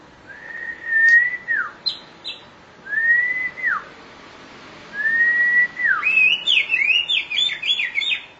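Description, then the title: Oriental magpie-robin song: three long steady whistles, each ending in a falling slur, then a fast run of varied twittering notes. Chirping song (kicauan) of the bird. "Suara Kicauan Burung Kacer Durasi Panjang"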